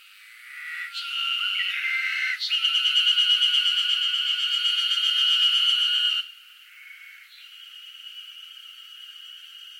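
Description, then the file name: Cicada buzzing: shifting tones swell into an intense, rapidly pulsed drone that holds for several seconds, stops suddenly, and leaves a fainter humming tone. Northern Japan, summer. "INSECT CICADA NORTHERN JAPAN SUMMER"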